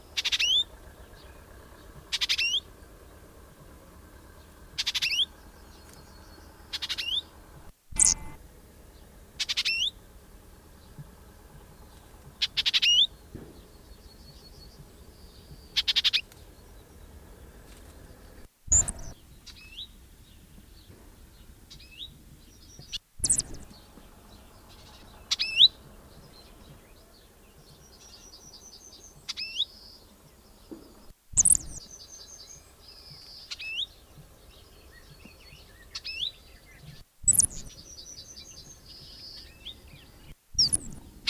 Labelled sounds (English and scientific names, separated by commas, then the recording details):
Icterine Warbler (Hippolais icterina)
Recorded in the wild
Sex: pair
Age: adult
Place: Kleinsendelbach, Bayern, DE
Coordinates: 49.5947, 11.1572
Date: 1964-06-20
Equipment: Nagra, Original, Vollspur
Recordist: Tretzel, Erwin